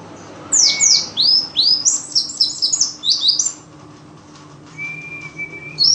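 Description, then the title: White-eye song: a quick series of high, downward-sweeping chirps, then a thin steady whistle and a final chirp, with low hum beneath. Forest-type white-eye ('ngalas'), isian filler song used for masteran, tutoring captive songbirds. "mster Mnuk. Pleci ngalas isian untuk masteran"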